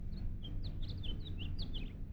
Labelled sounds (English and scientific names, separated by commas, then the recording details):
House Finch (Haemorhous mexicanus) song
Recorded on Long Island, New York